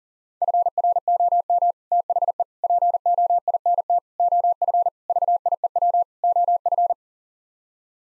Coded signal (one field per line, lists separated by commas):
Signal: Morse code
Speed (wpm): 40 wpm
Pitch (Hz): 700 Hz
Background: none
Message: FROM THE POINT OF VIEW OF